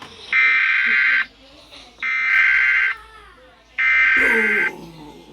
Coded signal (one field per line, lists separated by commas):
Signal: Emergency Alert System (SAME) tones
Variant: header bursts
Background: speech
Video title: eas alarme Afeganistão até Irlanda